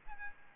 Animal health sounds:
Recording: mosquito wingbeat signal from an infrared sensor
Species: Aedes albopictus

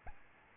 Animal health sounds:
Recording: mosquito wingbeat signal from an infrared sensor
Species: Aedes albopictus

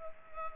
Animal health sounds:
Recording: mosquito wingbeat signal from an infrared sensor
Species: Culex pipiens

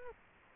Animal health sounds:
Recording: mosquito wingbeat signal from an infrared sensor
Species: Culex quinquefasciatus

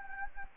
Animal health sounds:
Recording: mosquito wingbeat signal from an infrared sensor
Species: Anopheles gambiae

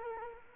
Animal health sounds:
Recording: mosquito wingbeat signal from an infrared sensor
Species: Culex quinquefasciatus

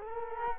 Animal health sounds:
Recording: mosquito wingbeat signal from an infrared sensor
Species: Culex quinquefasciatus

